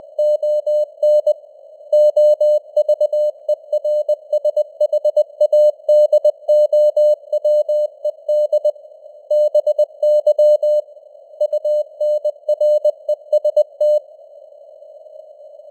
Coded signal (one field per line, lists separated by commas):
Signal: Morse code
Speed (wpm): 20 wpm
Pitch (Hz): 600 Hz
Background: none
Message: ON OVERSHADOWED BY UNREST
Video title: Morse Code News | 2025-11-01 | 20wpm